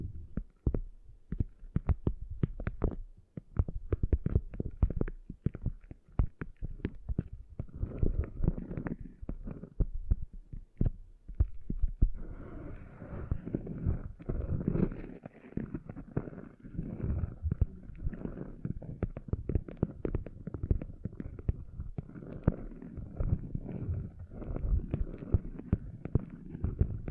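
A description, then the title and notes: Sand being cleaned out of an ear makes dense, irregular scraping and thumping, muffled and low, with a faint rustling hiss joining after twelve seconds. ASMR Cleaning Sand Out of Your Ears (No Talking).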